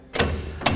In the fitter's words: Go ahead and pull on the spring-loaded handle, rotate our jack, let it lock into place.